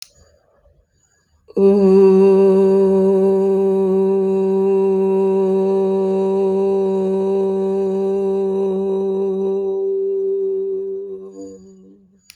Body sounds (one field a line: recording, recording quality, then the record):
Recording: sustained vowel as in boot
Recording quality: excellent, no background noise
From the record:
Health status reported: healthy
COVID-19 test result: negative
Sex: female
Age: 55 years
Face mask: not worn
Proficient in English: yes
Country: India